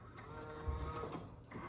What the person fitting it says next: आवाज़ आई तो ये लॉक हो गया।